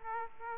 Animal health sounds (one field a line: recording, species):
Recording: mosquito wingbeat signal from an infrared sensor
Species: Aedes aegypti